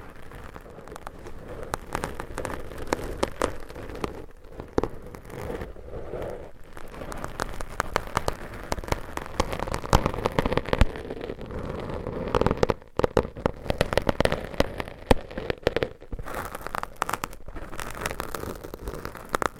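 Microphone scratching fills the whole stretch, a dense, rapid crackle of rubbing and scraping with sharp clicks scattered throughout. The texture stays busy and uneven, swelling and thinning, with a brief near-silent gap around thirteen seconds before the scratching resumes.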